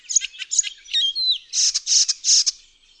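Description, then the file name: Icterine warbler singing a fast medley of chirps, a slurred whistle, then repeated harsh grating buzzes. "ZAGANIACZ"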